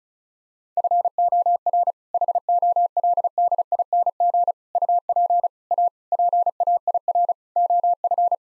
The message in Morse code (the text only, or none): FOR HOLDING UP A PAIR OF